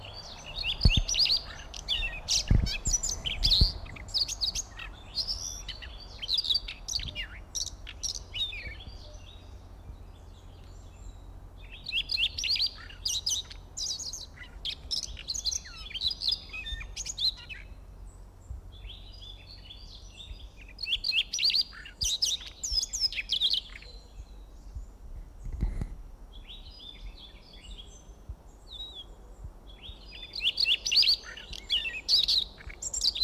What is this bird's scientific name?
Luscinia calliope